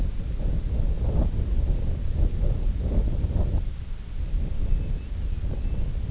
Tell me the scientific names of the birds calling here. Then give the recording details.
Pluvialis squatarola. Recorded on Arctic tundra, site IGLO-D, on 20 June 2018. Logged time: 16:00